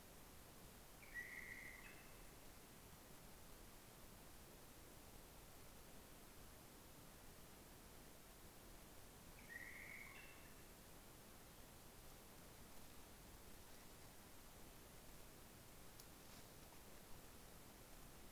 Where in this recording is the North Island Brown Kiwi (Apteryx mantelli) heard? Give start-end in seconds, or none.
none